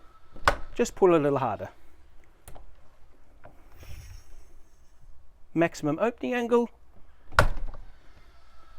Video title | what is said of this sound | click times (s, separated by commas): Dörrbroms TBP | and it is now locked in the lock position | 7.4 s